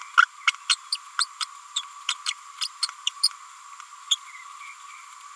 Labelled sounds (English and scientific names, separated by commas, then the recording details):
Green-rumped Parrotlet (Forpus passerinus) babbling
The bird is a female
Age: 30 days
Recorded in a nest box in Venezuela
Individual 17B102A6